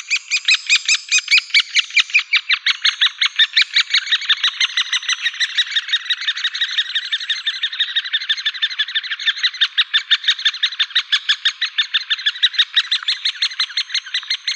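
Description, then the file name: Great spotted woodpecker calls, sharp harsh notes repeated rapidly many times in a steady, unbroken run throughout. "Buntspecht"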